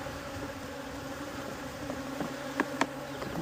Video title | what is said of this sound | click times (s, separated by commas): POV: Why I Position the Queen Here When Making Splits – Savanna Apiary | Make sure it clicks. | 2.6 s, 2.8 s